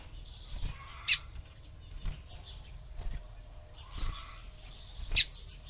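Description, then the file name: Lined seedeater song: two sharp, bright notes about four seconds apart, with softer warbling phrases and low knocks between them. "canto do bigodinho"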